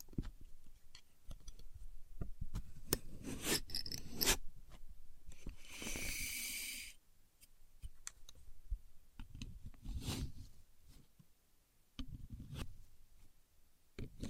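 A contour gauge being handled: its pins clatter and rub in short bursts, with sharp ticks scattered throughout. Around six to seven seconds a bright, hissing scrape runs for about a second, and another dense rattle comes near ten seconds.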